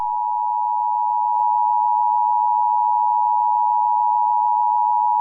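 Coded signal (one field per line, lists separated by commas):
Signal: Emergency Alert System (SAME) tones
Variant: 853 and 960 Hz attention tone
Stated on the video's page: Fictional Christmas EAS scenario, a created recreation rather than a real alert.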